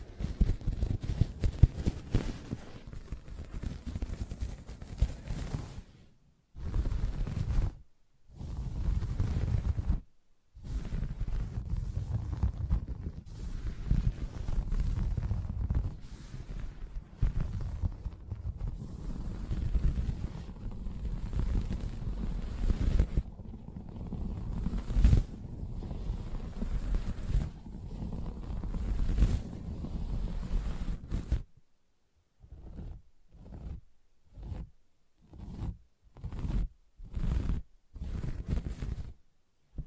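Fingers scratch and rub across a soft fabric surface, a dense, low, muffled rustle that runs in long strokes broken by a few brief pauses. Around the half-minute mark it changes to short, separate taps, evenly spaced about once a second until the end.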